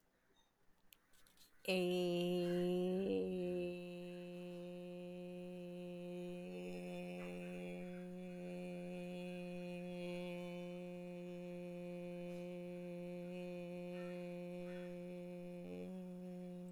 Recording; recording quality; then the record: sustained vowel as in made; excellent, no background noise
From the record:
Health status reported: healthy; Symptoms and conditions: none ticked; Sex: female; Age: 43 years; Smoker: not ticked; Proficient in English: yes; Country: India